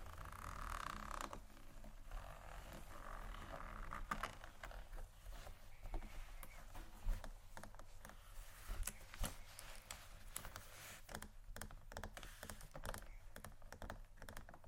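Fingers tap and scratch on a leather bag in quick, irregular bursts, the light taps crisp and bright. A steady low hum runs beneath throughout. In the first second a brief louder rustle stands out, and one sharper knock lands near seven seconds.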